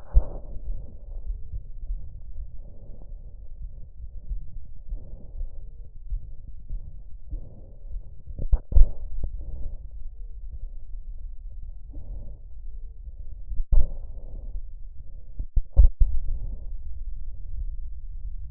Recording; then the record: lung sounds by stethoscope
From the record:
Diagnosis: emphysema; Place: left posterior upper chest